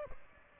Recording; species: mosquito wingbeat signal from an infrared sensor; Aedes aegypti